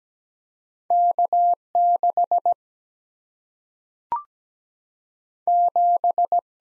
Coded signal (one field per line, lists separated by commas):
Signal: Morse code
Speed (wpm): 17 wpm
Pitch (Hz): 700 Hz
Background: none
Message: K 6 7